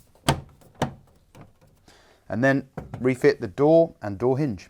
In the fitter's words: the bottom kickplate. Making sure it clicks into place